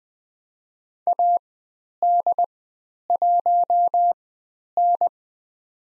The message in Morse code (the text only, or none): AD1N